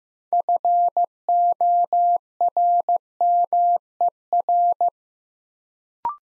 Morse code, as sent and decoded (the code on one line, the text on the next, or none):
..-. --- .-. -- . .-.
FORMER